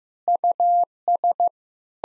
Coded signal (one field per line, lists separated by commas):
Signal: Morse code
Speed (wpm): 15 wpm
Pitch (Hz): 700 Hz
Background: none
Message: US